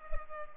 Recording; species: mosquito wingbeat signal from an infrared sensor; Culex pipiens